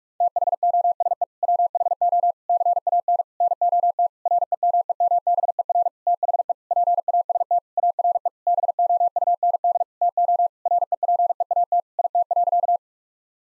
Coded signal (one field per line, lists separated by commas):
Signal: Morse code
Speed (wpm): 46 wpm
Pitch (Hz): 700 Hz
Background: none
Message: THOSE WHO CANNOT REMEMBER THE PAST ARE BOUND TO REPEAT IT.